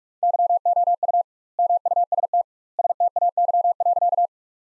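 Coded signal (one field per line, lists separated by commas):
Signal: Morse code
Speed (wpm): 42 wpm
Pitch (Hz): 700 Hz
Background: none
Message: YOU MUST STAY.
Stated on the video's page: Morse sentences built from the top 500 words at 45 wpm with 2x standard word spacing, a word-level Farnsworth-like method.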